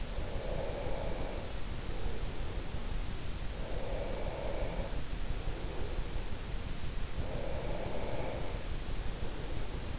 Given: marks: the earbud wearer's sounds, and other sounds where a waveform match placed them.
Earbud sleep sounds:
sounds in sleep by an in-ear microphone; breath
0.00-2.74 s: breath
3.49-6.36 s: breath
7.01-9.99 s: breath

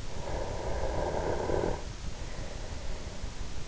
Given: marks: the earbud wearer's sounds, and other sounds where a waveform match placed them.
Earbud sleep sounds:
sounds in sleep by an in-ear microphone; snoring breath
0.09-3.68 s: snoring breath

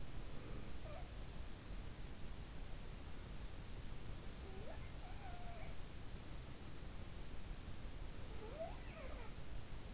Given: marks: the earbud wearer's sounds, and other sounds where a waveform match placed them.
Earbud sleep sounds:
sounds in sleep by an in-ear microphone; breath
0.00-0.97 s: breath
0.39-1.14 s: sound from someone else or the room
4.45-5.70 s: sound from someone else or the room
7.80-8.96 s: breath
8.29-9.28 s: sound from someone else or the room

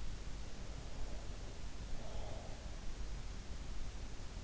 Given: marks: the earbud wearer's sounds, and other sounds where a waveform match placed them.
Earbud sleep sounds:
sounds in sleep by an in-ear microphone; breath
0.94-3.06 s: breath

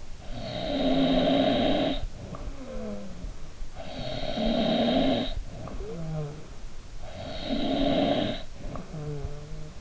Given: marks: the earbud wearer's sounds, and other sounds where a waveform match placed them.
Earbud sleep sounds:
sounds in sleep by an in-ear microphone; snoring breath
0.22-3.37 s: snoring breath
3.74-6.56 s: snoring breath
7.09-9.81 s: snoring breath

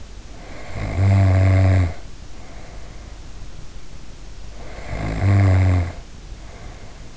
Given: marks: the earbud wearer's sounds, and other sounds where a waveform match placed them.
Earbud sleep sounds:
sounds in sleep by an in-ear microphone; snoring breath
0.19-3.46 s: snoring breath
4.43-7.17 s: snoring breath

